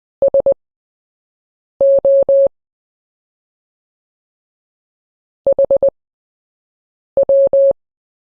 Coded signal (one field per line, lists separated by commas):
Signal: Morse code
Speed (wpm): 20 wpm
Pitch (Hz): 550 Hz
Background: none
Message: SO HW